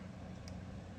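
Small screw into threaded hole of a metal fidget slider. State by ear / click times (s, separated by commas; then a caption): seated / 0.5 s. A small screw in the threaded hole of a metal fidget slider is turned counter-clockwise with only the screwdriver's own weight pressing down. Over a steady low hum, a single faint click at 0.5 s marks the screw's thread dropping onto the start of the mating thread. The thread is engaged, but the screw is not yet tightened home.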